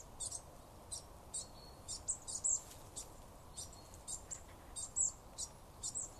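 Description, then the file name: Marsh tit calls: scattered short high chirps at an irregular pace, with a couple of sharper notes, over a quiet hiss. "Poecile palustris"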